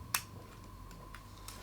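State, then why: Seated. A plastic square washer is pressed into a hole in the steel plate of a Samsung SlimFit 2025 slim wall-mount bracket, custom fit for a Samsung S90F OLED TV. It gives a sharp click at 0.1 s, followed by two fainter ticks around 1.1 s and 1.5 s over a low steady hum. The washer clips into place and is seated.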